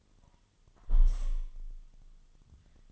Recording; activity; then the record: daily activity, microphone in the room; close window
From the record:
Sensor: 4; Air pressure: 1005.5 hPa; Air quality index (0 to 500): 98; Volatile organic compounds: 2 ppm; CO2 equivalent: 1217 ppm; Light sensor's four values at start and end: 13/29/11/11 and 13/29/11/11